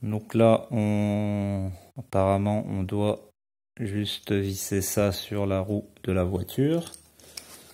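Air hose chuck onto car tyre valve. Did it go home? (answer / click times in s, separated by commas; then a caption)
yes / 7.4 s. Someone talks for most of the clip while the hose end of an Autowit portable air compressor is slid onto a car tyre valve. Near the end, after a soft rustle, a short sharp click at 7.4 s marks the inflator chuck clipping onto the valve, and it is seated.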